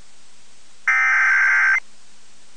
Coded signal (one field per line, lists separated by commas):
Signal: Emergency Alert System (SAME) tones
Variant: header bursts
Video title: EAS Tornado Warning Alabama NOAA Weather Radio